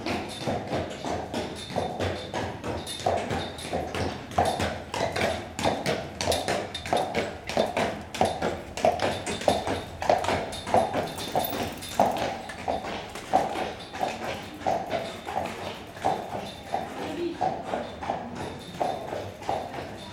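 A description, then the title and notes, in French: Steady footsteps, about two per second, echo through an old railway tunnel on a greenway, with a hollow ringing resonance and quiet low rumble. Je marche sur la voie verte, près de Bédarieux dans l'Hérault. Elle passe dans un ancien tunnel de chemin de fer. Prise de son : Olivier Noack.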